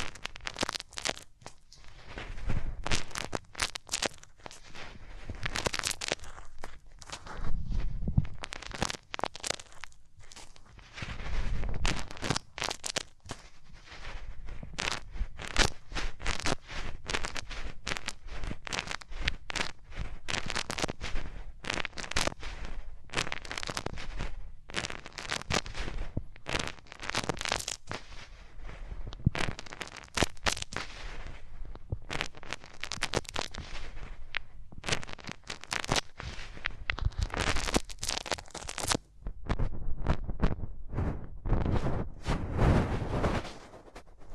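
Hands rubbing over ears make dense, continuous scratchy rustling and crackling strokes, a steady irregular texture with soft low thumps throughout.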